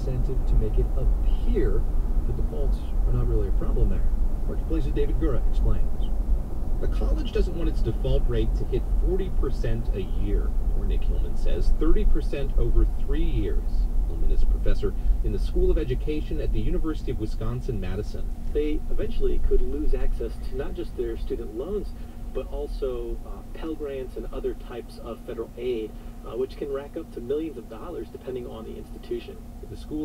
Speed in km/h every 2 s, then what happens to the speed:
68, 64, 63, 60, 55, 50, 44, 34, 24, 13, 8, 0, 0, 0, 0.
0-22 slows to 0. 22-30 standing.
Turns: none.